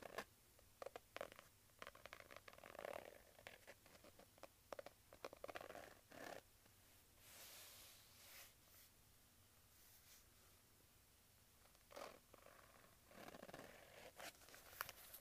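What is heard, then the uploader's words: A leather wallet is handled, with soft creaks and scraping rustles coming in uneven bursts. Sharp clicks and snaps land every second or two early on, then longer rubbing sweeps fill the middle and return near the end, over a faint low hum. ASMR Leather Wallet Sounds.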